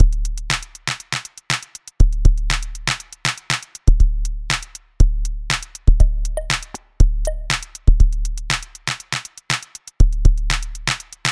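An adult heartbeat.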